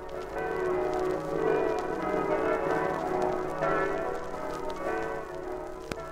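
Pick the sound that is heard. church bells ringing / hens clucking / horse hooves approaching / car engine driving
church bells ringing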